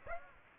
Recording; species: mosquito wingbeat signal from an infrared sensor; Aedes aegypti